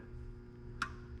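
A click-type torque wrench tightens an engine oil drain plug slowly and delicately against a steady low background hum. A single sharp, bright click at 0.8 s marks the wrench reaching its torque setting, confirming the plug is tightened.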